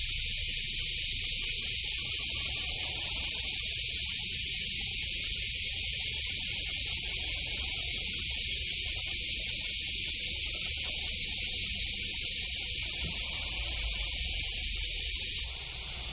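Cicada song: an unbroken, shrill, hissing drone, with faint mid-pitched sounds and a low rumble in the background, dropping slightly at the very end.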